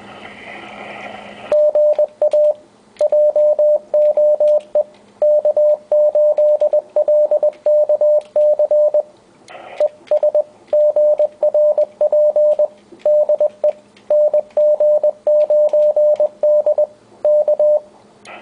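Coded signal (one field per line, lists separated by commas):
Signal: Morse code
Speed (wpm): 19 wpm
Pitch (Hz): 600 Hz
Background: radio noise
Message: GA JOE K8LKC ES GRP DE NG9D K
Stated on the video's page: 250 mW QRP CW from a two-transistor crystal-controlled transmitter keyed on its power input, received on an ICOM 703.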